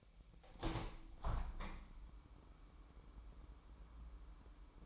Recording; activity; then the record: daily activity, microphone in the room; open window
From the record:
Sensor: 1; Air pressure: 998.7 hPa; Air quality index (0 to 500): 121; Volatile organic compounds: 3 ppm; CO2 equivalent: 1446 ppm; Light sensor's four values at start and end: 7/17/7/8 and 8/18/7/9